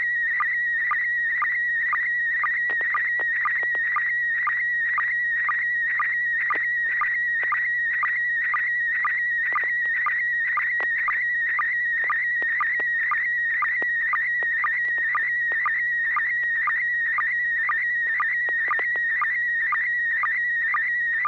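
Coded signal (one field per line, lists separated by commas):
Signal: SSTV (slow-scan television)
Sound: warbling whistle around 2 kHz with steady rhythmic ticks about twice a second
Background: low hum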